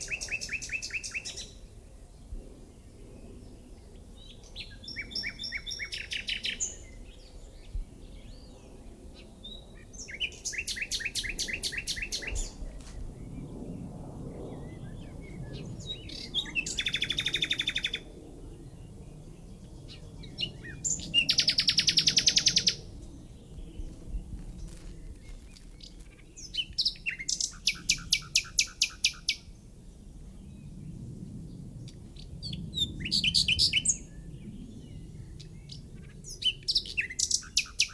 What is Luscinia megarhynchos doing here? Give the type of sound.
song